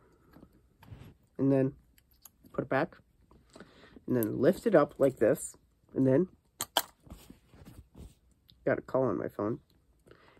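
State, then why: Released. Someone talks while lifting the rewind knob on an old film camera to release the back door latch. Two sharp clicks sound at 6.6 s and 6.8 s as the back clicks open so the film can be taken out.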